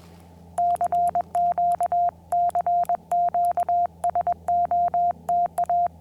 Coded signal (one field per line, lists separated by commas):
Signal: Morse code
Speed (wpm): 21 wpm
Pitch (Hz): 690 Hz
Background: radio noise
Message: CQ CQ SOTA